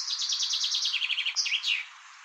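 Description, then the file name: Chaffinch song, a quick descending trill of repeated chirps that finishes in a brisk, twisting terminal flourish. "erdei pinty eneke"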